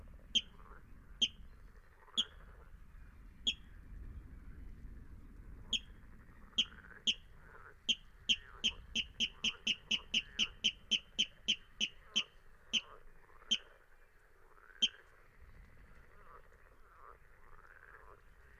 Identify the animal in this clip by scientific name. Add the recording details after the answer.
Rallus aquaticus. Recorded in the wild. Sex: male. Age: adult. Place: Kützerhof, Kummerower See, Mecklenburg-Vorpommern, DE. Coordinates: 53.8539, 12.8667. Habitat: wetland. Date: 2008-05-14. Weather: heiter, 10°C, schwacher Wind. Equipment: Sound Devices 702, Sennheiser MKH 70, Windkorb. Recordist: Frommolt, Karl-Heinz